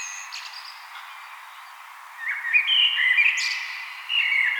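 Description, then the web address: Common blackbird song: a faint high note, then a louder warbled fluty phrase with a thin squeaky flourish, followed by the start of another phrase. "vogelstimmen amsel gesang nabu lars lachmann"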